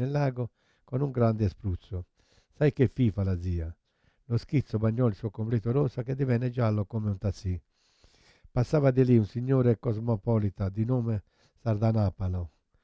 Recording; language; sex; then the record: read passage; Italian; male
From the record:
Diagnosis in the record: Parkinson's disease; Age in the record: 71 years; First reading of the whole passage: 50 s, 10.4 characters per second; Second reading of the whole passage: 45 s, 11.4 characters per second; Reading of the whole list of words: 37 s, 7.6 characters per second